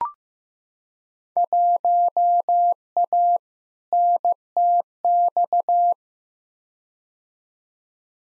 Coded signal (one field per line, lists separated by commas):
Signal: Morse code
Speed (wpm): 15 wpm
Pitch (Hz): 700 Hz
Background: none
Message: 1A NTX